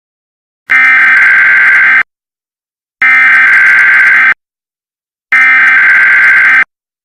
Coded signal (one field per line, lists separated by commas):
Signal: Emergency Alert System (SAME) tones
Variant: header bursts